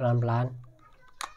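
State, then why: Released. Someone talks as the plastic camera protection cover on an SJRC F11 Pro drone is pried open gently from below. A short, sharp click at 1.2 s marks the cover snapping open and releasing.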